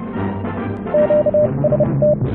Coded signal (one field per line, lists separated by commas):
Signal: Morse code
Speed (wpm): 30 wpm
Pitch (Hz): 600 Hz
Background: none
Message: QST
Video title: Ham Radio - QJE switching power supply repair.